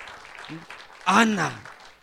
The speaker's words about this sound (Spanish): ¿Cuántos dan aplausos a Dios esta mañana?